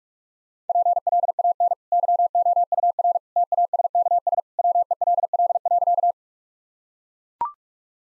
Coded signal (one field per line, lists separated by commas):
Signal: Morse code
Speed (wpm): 41 wpm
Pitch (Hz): 700 Hz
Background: none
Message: PLAN YOUR TASKS WELL.